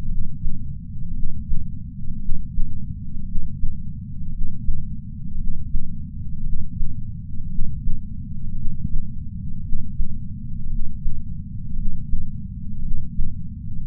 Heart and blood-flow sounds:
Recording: heart sounds by patch sensor on the chest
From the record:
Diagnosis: coronary artery disease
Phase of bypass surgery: intraoperative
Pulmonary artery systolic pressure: 25 mmHg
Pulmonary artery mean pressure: 17 mmHg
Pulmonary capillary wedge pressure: 11 mmHg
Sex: male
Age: 62 years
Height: 172 cm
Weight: 60 kg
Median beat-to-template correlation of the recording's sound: 0.91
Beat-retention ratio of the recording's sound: 1.00

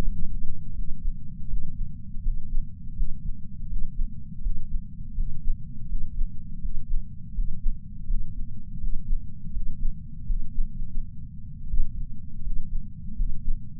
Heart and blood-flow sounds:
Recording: heart sounds by patch sensor on the chest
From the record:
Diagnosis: coronary artery disease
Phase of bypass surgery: postoperative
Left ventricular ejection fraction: 59.1%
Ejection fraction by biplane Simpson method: 55%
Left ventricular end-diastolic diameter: 46 mm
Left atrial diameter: 34 mm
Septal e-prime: 8 cm/s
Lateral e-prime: 6.5 cm/s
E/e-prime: 8.7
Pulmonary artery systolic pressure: 22 mmHg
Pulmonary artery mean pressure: 11 mmHg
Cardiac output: 4.38 L/min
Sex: male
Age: 58 years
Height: 160 cm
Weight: 70 kg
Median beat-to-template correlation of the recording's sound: 0.85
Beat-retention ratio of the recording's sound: 0.99

